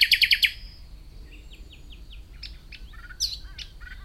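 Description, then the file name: Common nightingale song: a loud fast run of pulsed notes, then soft short whistles and varied sharp chirps. "Luscinia megarhynchos"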